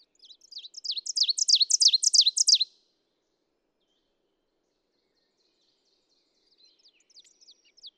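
Ovenbird song of repeated high chanting phrases getting louder over nearly three seconds, then silence and a few faint high notes near the end.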